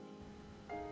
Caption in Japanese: 今なんかクーンって音が聞こえる。 私のお腹です。 お腹が鳴っちゃったのね。